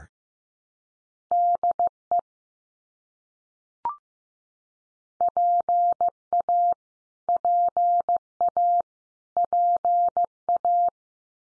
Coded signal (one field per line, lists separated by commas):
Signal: Morse code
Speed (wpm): 15 wpm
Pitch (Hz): 700 Hz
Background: none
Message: DE PA PA PA